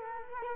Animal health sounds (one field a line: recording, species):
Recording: mosquito wingbeat signal from an infrared sensor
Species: Culex quinquefasciatus